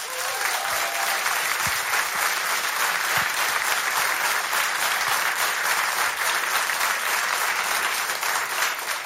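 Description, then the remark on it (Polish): An audience claps steadily at the Agnieszka Osiecka studio of Polish Radio Three in 2017, a dense wash of many hands sustained at an even, loud level for the whole stretch, with no voices breaking through. “Brawa!”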